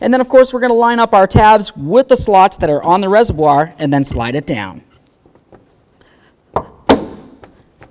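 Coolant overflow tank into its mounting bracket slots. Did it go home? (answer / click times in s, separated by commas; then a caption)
yes / 6.6 s, 6.9 s. Someone talks while lining up the tabs of a plastic coolant overflow tank on a 2004-12 Volvo S40 with the slots of its mounting bracket and sliding it down. After a quiet pause, two sharp clicks at 6.6 s and 6.9 s show both tabs snapping in, and the tank is seated securely.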